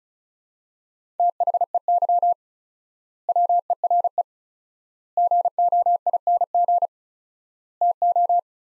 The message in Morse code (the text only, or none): THEY WERE GOING TO